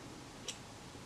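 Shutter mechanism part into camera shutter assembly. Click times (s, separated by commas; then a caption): 0.5 s. A small metal part of the leaf shutter mechanism on a Braun Paxette camera is placed bevelled side down and pressed into the shutter assembly. A single short, bright click at 0.5 s marks the part popping into place over a quiet background. The snug-fitting part is seated.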